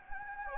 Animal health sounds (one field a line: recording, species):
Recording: mosquito wingbeat signal from an infrared sensor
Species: Anopheles gambiae